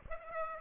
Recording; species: mosquito wingbeat signal from an infrared sensor; Aedes aegypti